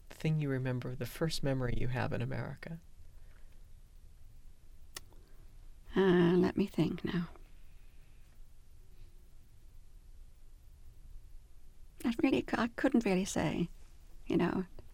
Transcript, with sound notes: The thing you remember, the first memory you have in America?
Ah, let me think now. ( she pauses) I really can't, I really couldn't say, you know,